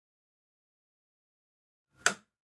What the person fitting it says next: The click sound confirms that a pin has been released.